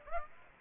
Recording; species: mosquito wingbeat signal from an infrared sensor; Aedes aegypti